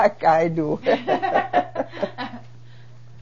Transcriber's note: they laugh